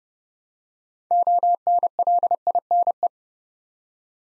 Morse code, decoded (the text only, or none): ONLINE